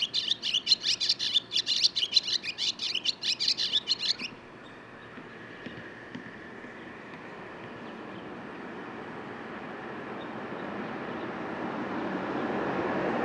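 Barn swallow song, about four seconds of rapid, dense twittering that stops abruptly, leaving a steadily growing background noise.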